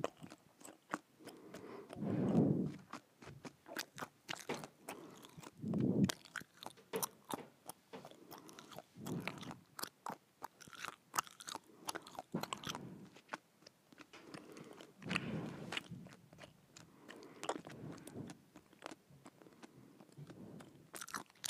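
Hard gum chewing with rapid, irregular wet clicks and smacks, plus heavier low chomps near 2, 6, 9, 15 and 17 seconds.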